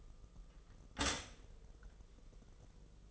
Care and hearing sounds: daily activity, microphone in the room; stop toaster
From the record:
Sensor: 4

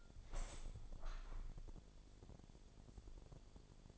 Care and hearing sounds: daily activity, microphone in the room; open window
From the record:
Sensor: 5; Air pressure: 1000.6 hPa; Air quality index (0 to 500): 147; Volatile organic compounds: 2 ppm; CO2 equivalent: 1130 ppm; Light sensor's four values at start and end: 41/97/41/44 and 41/97/41/44

